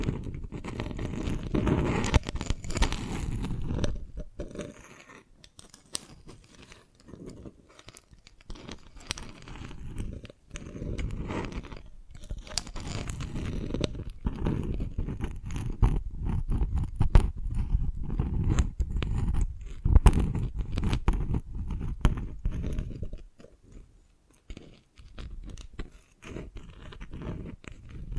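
Dalgona candy is tapped and cracked in dense, uneven runs of short crisp clicks and crunches, mostly low and thick with occasional brighter snaps. Activity comes in bursts with brief pauses near 5, 10 and 23 seconds, and a sharp louder crack around 20 seconds.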